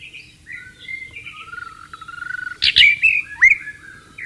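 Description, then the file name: White-rumped shama song with soft drawn-out whistles building to sharp, loud, rising and falling notes. Wild bird in its natural habitat. "suara burung murai batu di alam liar"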